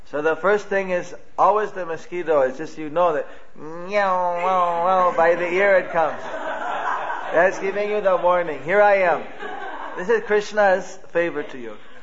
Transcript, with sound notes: So the first thing is always the mosquito, just so you know, " Yown yown yown (devotees laugh) by the ear, it comes. That is giving you the warning, here I am! (devotees continue laughing) This is Krishna’s favor to you.